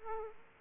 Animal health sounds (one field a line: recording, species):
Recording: mosquito wingbeat signal from an infrared sensor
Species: Aedes aegypti